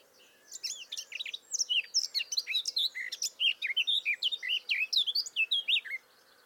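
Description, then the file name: Eurasian blackcap song, a long busy warble of quick varied notes, mixing harsh chatters with clear whistles over about six seconds. "Sylvia atricapilla"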